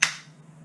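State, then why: Released. The sear in the lock of a Shenandoah .50 caliber muzzleloader rifle build snaps at 0.0 s as steady pressure on the trigger releases it, letting the hammer fall during a function check. The snap is a single sharp, bright crack that fades over about a quarter second, followed by a much fainter tick near 0.7 s. The hammer is released.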